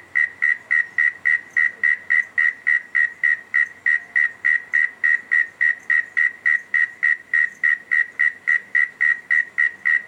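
Cricket chirping: short pulsed chirps repeated steadily about three or four times a second.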